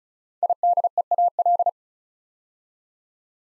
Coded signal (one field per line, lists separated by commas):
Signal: Morse code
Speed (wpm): 36 wpm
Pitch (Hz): 700 Hz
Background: none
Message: IDEAL